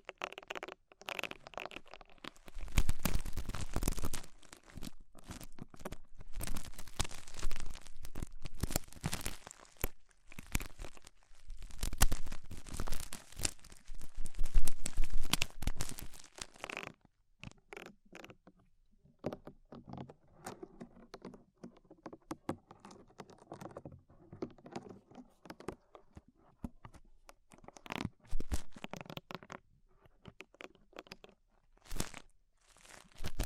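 Ear-cleaning sounds of rhinestones and clay being removed: dense tearing crinkles for seventeen seconds, then sparser, quieter scraping clicks and soft taps.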